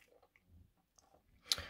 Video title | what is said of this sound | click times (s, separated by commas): Garmin Tactix 7 Pro Solar - $2000 Watch | from just researching yeah it actually does the click it's a regular standard usb | 1.5 s